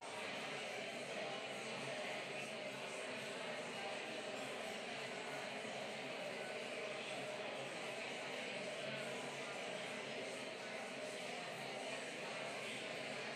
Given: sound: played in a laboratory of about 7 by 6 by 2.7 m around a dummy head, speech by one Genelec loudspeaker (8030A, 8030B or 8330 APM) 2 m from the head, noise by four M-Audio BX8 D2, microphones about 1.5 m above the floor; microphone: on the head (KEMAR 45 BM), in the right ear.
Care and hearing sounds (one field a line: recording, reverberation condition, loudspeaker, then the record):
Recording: babble noise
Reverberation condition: high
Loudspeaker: four, about 170 cm from the corners of the room and facing them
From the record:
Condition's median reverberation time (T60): about 1300 ms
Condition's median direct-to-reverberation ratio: about -4.0 dB